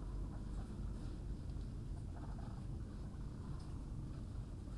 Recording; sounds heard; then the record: poultry house recording; sick chickens (respiratory disease)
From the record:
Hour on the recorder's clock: 10